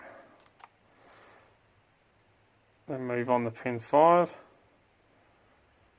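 A hook pick works the last pin, pin 5, of a pin tumbler lock, with faint small ticks of handling early on before someone talks. Nothing has set or clicked yet, and the plug has not turned to open the lock.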